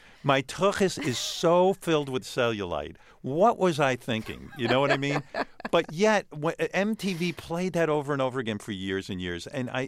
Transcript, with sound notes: My tuchus is so filled with cellulite. What was I thinking? You know what I mean?
(Laughter).
But yet, what - MTV played that over and over again for years and years.